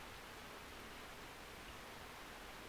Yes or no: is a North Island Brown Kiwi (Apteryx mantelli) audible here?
no